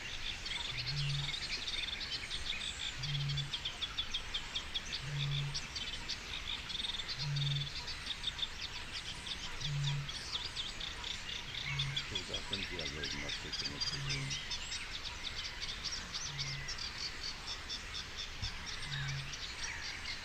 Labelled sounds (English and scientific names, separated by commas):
Spotted Crake (Porzana porzana)